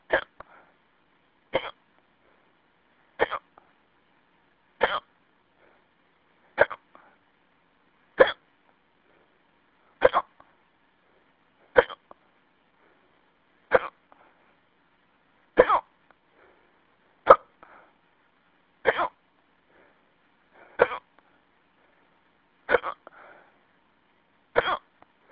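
About fifteen short, sharp gulping bursts come at a steady pace of roughly one every 1.7 seconds, about 35 a minute, with quiet between them. This is a run of hiccups in an adult, the sudden catch of breath made as the vocal cords snap shut.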